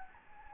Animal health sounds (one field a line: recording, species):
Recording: mosquito wingbeat signal from an infrared sensor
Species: Anopheles gambiae